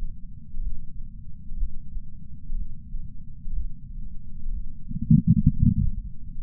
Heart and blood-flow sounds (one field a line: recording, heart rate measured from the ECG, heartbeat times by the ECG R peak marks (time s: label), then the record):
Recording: heart sounds by patch sensor on the chest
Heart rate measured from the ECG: 62 bpm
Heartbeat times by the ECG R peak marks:
0.60 s: heartbeat
1.56 s: heartbeat
2.55 s: heartbeat
3.52 s: heartbeat
4.49 s: heartbeat
5.47 s: heartbeat
6.42 s: heartbeat
From the record:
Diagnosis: coronary artery disease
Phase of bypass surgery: postoperative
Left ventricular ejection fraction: 68.2%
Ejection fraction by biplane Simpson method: 62.7%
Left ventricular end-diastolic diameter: 48 mm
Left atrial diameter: 40 mm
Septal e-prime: 8.6 cm/s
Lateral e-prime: 10.2 cm/s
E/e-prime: 10.9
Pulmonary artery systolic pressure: 38 mmHg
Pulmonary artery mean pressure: 18 mmHg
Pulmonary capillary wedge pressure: 11 mmHg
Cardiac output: 6.45 L/min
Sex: male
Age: 57 years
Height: 175 cm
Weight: 80 kg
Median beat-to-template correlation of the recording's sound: 0.76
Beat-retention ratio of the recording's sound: 0.99